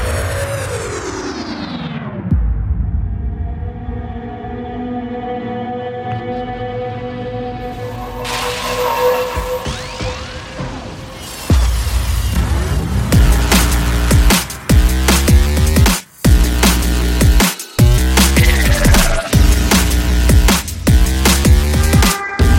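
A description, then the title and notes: Impact sound effects open with a falling, sweeping tone that settles into a layered, humming drone, growing brighter around the eight-second mark. From about eleven seconds, loud, dense hits take over, pounding in quick bursts with abrupt silent cuts before ending suddenly. Club Impacts - EDM Demo. Impact sound effects.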